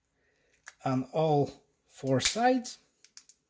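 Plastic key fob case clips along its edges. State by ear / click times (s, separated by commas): seated / 3.0 s, 3.2 s, 3.3 s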